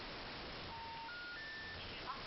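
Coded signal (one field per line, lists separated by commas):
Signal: telephone call progress tone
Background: speech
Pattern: special information tone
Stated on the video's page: Rotary phone being used by a first-time user.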